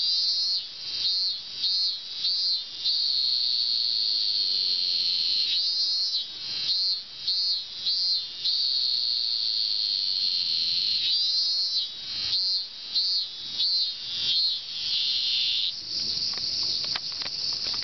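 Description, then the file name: Cicada song, a loud continuous high buzzing drone with frequent brief dips and pulsing breaks, swelling and fading irregularly throughout. "Singing cicada"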